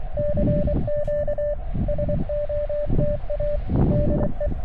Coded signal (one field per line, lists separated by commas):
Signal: Morse code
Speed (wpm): 24 wpm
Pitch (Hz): 590 Hz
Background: radio noise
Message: CQ SOTA DE